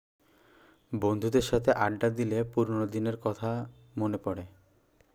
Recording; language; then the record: elicited speech; Bengali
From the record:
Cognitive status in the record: cognitively healthy